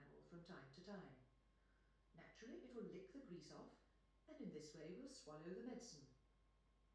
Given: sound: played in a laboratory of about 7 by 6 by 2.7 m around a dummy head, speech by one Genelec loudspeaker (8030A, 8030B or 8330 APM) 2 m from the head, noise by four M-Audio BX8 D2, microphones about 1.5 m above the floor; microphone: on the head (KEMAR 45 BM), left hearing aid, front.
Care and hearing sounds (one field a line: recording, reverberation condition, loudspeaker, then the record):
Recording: female speech in English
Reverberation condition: medium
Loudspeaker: 60 degrees to the right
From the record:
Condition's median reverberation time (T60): about 510 ms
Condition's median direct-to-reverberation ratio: about -0.5 dB